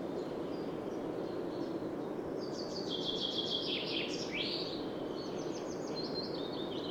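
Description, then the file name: Common chaffinch song, a faint high trill of rapid repeated notes stepping downward over about two seconds, with other thin high phrases, over steady low rushing noise. "Fringilla coelebs"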